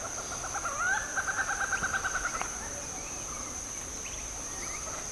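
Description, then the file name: Malabar grey hornbill call, a short rapid run of cackling notes, then quieter bird notes over a constant high insect drone. "Ocyceros griseus - Malabar Grey Hornbill"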